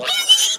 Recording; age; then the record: pig call; piglet (1 to 25 days)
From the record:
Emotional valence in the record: negative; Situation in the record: fighting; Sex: male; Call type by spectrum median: high-frequency call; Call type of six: mixed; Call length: 0.58 s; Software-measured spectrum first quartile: 2971 Hz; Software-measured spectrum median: 3657 Hz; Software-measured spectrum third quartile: 5992 Hz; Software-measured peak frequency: 3047 Hz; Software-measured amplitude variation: 155 dB a second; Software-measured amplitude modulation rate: 14.5 a second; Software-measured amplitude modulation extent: 10.7 dB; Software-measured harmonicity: 8.7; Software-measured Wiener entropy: -2.71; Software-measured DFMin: 806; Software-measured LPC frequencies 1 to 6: 721, 1474, 2274, 3047, 3679, 5110 Hz